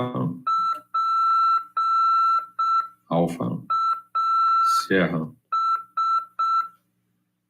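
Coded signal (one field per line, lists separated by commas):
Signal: Morse code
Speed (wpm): 5 wpm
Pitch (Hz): 1340 Hz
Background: speech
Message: PAS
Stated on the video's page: Amateur radio CW lesson on FM at 146.410 MHz.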